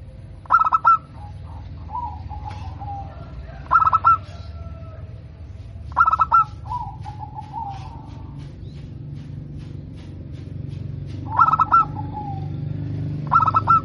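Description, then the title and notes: Zebra dove singing repeatedly: loud stuttering bursts of clipped notes at irregular intervals, some trailing into a softer trill, over a steady low hum. Local perkutut (zebra dove), singing vigorously (gacor), with a clear, crystal-like, loud voice. "PERKUTUT LOKAL GACOR Suara KRISTAL LANTANG. Kicau Burung Perkutut"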